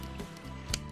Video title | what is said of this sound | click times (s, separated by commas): 胡服騎射的變形金剛分享時間1071集 從前有個玩具公司叫孩之寶 經典系列 俯衝 Transformers Generations GDO Powerdive | 以及这个地方卡扣都是非常明确的哦，直接扣上去。 | 0.7 s